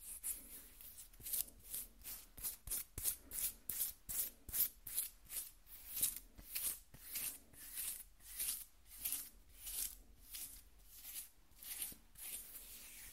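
Skin scratching in a steady rhythm, each stroke a soft, bright rasp repeating roughly twice per second for the whole stretch. The strokes are dry and hissy with almost no low end, and a faint constant hum sits underneath.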